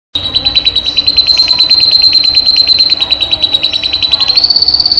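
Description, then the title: Canary song: a sustained, steady trill of rapidly repeated notes at a fairly high pitch, rising slightly at the end. Cage canary; recording used as training therapy to increase a canary's singing volume. "terapi kenari AMPUH untuk TINGKATKAN VOLUME"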